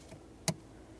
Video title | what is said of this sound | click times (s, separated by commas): How to Replace HVAC Blend Door Actuator 2007-2017 Jeep Patriot | There's our click. | 0.5 s